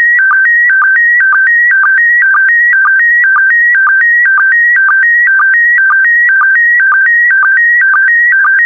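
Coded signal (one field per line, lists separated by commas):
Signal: SSTV (slow-scan television)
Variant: PD120 mode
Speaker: complete you can now check your decoded image against the picture that is shown on the video that concludes the daily transmission of slow scan tv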